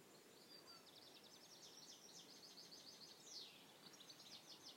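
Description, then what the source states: Birds singing faintly in a chorus: quick repeated high trilled notes and a descending whistle, all over a steady low background hiss. Evening chorus.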